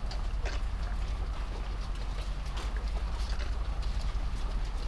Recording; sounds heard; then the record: poultry house recording; sick chickens (respiratory disease)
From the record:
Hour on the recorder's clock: 22